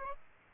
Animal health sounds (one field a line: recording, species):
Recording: mosquito wingbeat signal from an infrared sensor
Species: Aedes aegypti